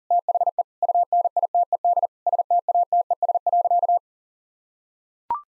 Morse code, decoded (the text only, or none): THE UNITED STATES.